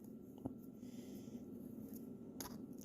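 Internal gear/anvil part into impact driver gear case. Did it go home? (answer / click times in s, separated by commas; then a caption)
yes / 2.4 s, 2.8 s. An internal gear/anvil part is worked into the gear case of a cordless Milwaukee M12 3/8 impact driver during reassembly, because it was suspected of not being fully seated. Faint handling sounds run through the clip, then small sharp hits at 2.4 s and 2.8 s as the part drops down and seats in place.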